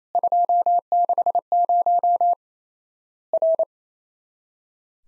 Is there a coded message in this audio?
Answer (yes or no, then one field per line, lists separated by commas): yes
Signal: Morse code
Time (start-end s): 0.1-3.6 s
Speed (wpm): 28 wpm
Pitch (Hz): 700 Hz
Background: none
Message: 260 R